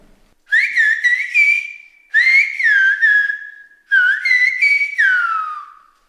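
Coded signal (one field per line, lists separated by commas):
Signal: whistled language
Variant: Silbo Gomero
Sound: three short phrases of a loud gliding whistle, rising and falling in pitch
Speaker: والسلبو دي بكل بساطه هي اسباني لكن بايه بيكلموها بالسفاره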